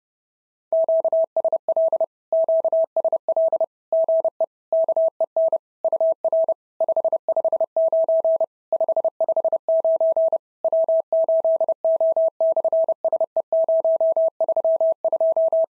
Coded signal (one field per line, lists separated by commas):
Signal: Morse code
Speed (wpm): 30 wpm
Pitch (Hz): 650 Hz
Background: none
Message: QSL QSL GE KEN UR 559 559 W8O/SE032